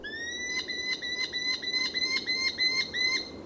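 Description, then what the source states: Merlin calling, a high harmonic tone overlaid with sharp repeated notes about three per second, held steadily over a faint low background hiss. Small falcons nesting in northern forests, expanding their range southward while many birds shift north with climate change.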